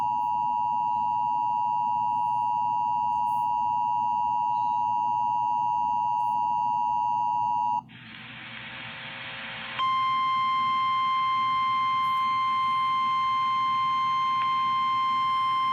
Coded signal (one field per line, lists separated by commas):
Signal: Emergency Alert System (SAME) tones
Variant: 853 and 960 Hz attention tone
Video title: JUST A FEW MORE... EAS Alerts from 6/20/22 (EAS 1,080-1,084)